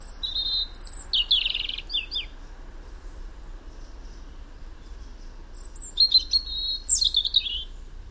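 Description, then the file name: European robin song: high, thin warbling phrases with sliding whistles and quick trills, one burst at the start and another near the end, separated by quiet, over low steady rumble. "Erithacus rubecula"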